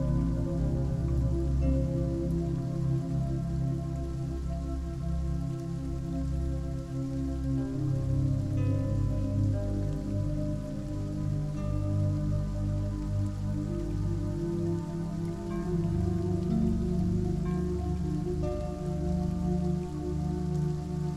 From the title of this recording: Soft Music With Rain Sounds